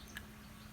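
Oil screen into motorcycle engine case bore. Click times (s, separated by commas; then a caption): 0.2 s. A metal mesh oil screen is pushed back into its bore in the engine case of a 2016-2022 KTM 250 SXF/XCF/EXC motorcycle, fitting over a small orifice on the far side. A single short, bright click at 0.2 s stands out above a steady low hum. The click shows the screen has seated in the right spot.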